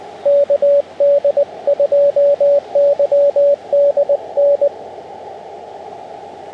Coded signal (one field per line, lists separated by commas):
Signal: Morse code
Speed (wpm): 23 wpm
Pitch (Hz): 590 Hz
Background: radio noise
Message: KD2YDN